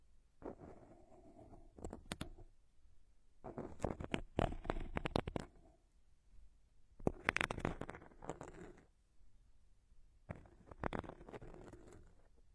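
Plants are rubbed in circles around the ears, producing bursts of crackling, rustling friction with sharp clicky snaps. The bursts come in four or five clusters, each lasting one to two seconds, separated by near-silent pauses, with a soft low rumble underneath.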